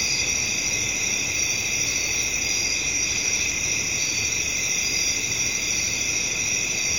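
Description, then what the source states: Many crickets producing an unbroken high chirr in several pitch layers, with soft low background noise throughout. Night-time crickets in a residential area, with traffic in the background.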